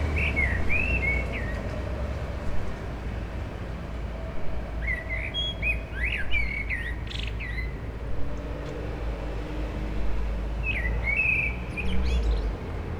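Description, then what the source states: Common blackbird song, three warbled phrases with high scratchy endings spread throughout, over steady low traffic noise. Several blackbirds singing after sunset on a mild day, eve of the winter solstice, in Aix-les-Bains, France, with urban traffic.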